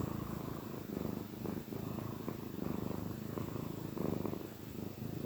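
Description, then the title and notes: Cat purring continuously, a dense low vibrating rumble that rises and falls gently. Gentle purrs of a contented cat. "Cat Cafe Purr-Finale. the gentle purrs of a contented cat"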